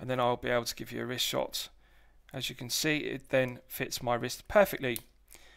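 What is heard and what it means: A man talks while handling the steel folding clasp of the oyster bracelet on a Rolex Explorer II 226570, a 42 mm watch sized for a smaller wrist that now fits his wrist. Nothing has seated or clicked yet.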